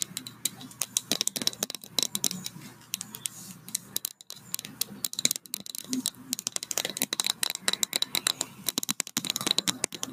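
Quick tapping and brushing fills the whole clip in dense, irregular bursts of crisp, bright clicks with soft scratchy strokes between them. The activity stays busy throughout, pausing briefly around four seconds, and the sound is dry.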